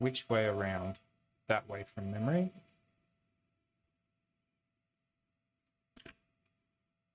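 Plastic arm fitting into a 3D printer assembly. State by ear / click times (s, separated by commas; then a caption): not seated / none. A small plastic arm is lined up and handled against a 3D printer assembly while someone talks about which way round it goes. After a quiet pause, two brief sharp handling sounds come at about 6.0 and 6.1 seconds. Nothing has seated or snapped into place yet.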